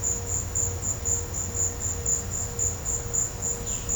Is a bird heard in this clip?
no